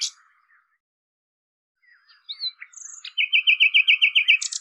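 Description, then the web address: Common nightingale song with a sharp opening note, soft slurred whistles, then a run of loud, evenly repeated chipping notes. "cianscape birddata Deverinetal 2025"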